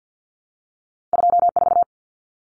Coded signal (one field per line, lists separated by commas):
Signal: Morse code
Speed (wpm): 50 wpm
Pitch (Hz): 700 Hz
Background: none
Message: 24